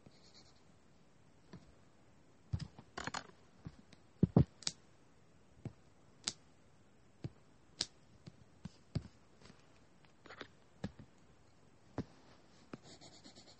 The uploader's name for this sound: drawing and writing sounds